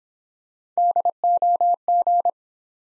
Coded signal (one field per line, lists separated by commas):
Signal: Morse code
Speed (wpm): 26 wpm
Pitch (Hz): 700 Hz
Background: none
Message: DOG